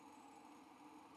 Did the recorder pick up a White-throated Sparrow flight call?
no